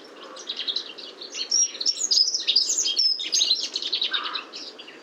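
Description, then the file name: Common chaffinch song of fast, tumbling high notes running into a trill, with a lower note near the end. "Fringilla coelebs"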